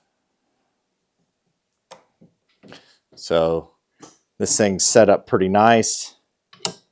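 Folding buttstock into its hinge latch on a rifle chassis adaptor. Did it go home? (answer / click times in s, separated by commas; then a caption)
yes / 6.7 s. A folding buttstock is closed into its hinge latch on a CZ Trail 600 Gen 10 adapter for a bolt-action rifle chassis. After a few faint handling clicks, someone talks; then a sharp metal click at 6.7 s marks the stock locking in place with a solid seat.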